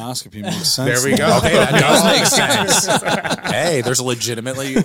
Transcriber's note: all laughing